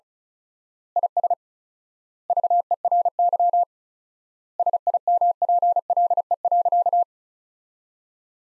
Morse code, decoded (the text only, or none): IS VERY SIMPLE.